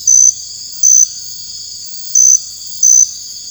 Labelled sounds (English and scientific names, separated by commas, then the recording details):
none
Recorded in dense forest near Puerto Asís, Putumayo, Colombia, on 13 March 2025 at 01:00
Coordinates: 0.484, -76.317
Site G064